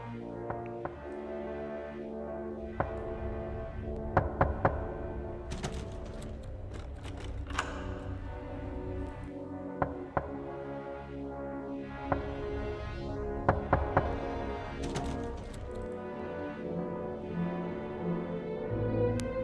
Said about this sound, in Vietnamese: Vẫn là cái tiếng lạch cạch. Tựa như là tiếng của ai đó gõ vào quan tài để thử chất gỗ vậy. Tiếng lạch cạch cứ vang lên trong đêm.